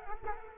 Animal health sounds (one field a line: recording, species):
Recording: mosquito wingbeat signal from an infrared sensor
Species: Culex quinquefasciatus